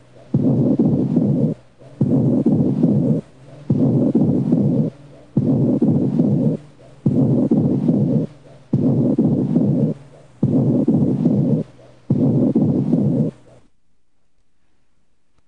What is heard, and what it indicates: High-pitched whispered sounds transmitted through airless consolidated lung tissue are called whispered pectoriloquy.